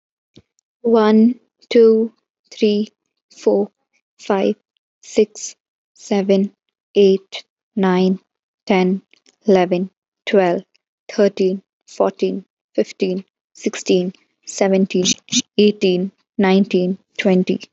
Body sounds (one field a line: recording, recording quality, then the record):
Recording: counting at a normal pace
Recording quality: moderate, slight background noise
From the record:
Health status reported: healthy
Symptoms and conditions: none ticked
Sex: female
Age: 21 years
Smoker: not ticked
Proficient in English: yes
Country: India